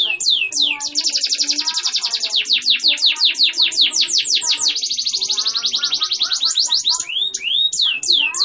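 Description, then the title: Canary song: loud, continuous rolling trills of rapid sweeping notes, ending with a few slower slurs. Local canary singing its cengkok song variations; a lively singer. "Cengkok Kenari Mewah. kenari lokal gacor"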